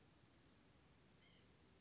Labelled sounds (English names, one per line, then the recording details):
White-breasted Nuthatch
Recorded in Sonoma County, California